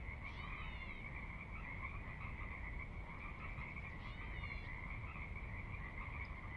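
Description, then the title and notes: Pacific Chorus Frog chorus, steady overlapping trills from many frogs, two short descending chirps near the start and middle, over deep rumbling background water. Chorus recorded at midnight on the valley floor, Sinlahekin Valley, Sinlahekin Wildlife Area, Washington, near Cascades; distant water spillage in background; unprocessed raw recording. "Sinlahekin Valley midnight. the ever-present Pacific Chorus Frogs that are a fixture of the Northwest Soundscape"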